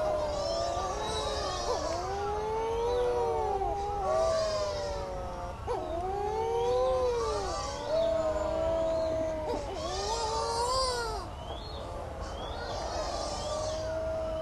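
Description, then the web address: Shearwater chorus of eerie, drawn-out crooning wails, several birds overlapping in arching rising-then-falling notes. Recorded on Heron Island, Great Barrier Reef, Australia. "It's 'Birds Gone Wild' Out On Australia's Heron Island"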